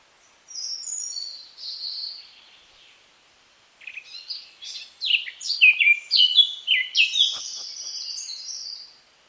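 Eurasian Blackcap song: a few high, clear whistled notes, then a pause and a fast run of scratchy, tumbling notes with brighter fluted notes near the end.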